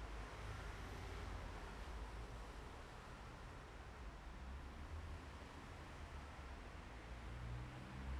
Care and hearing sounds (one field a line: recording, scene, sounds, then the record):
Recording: everyday scene through a hearing-aid microphone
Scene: in traffic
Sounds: traffic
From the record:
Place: bus stop on a city main road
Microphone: behind the ear, left, rear